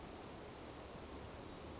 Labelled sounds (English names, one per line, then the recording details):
Western Flycatcher
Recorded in Sonoma County, California